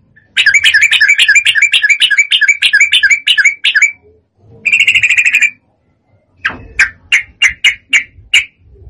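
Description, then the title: Yellow-vented bulbul song: fast run of bubbly, chirping notes for about four seconds, a short dense burst, then a string of separate loud chirps after a pause. Master recording of a persistently, energetically singing (gacor) bird, used for training. "Masteran Trucukan Gacor"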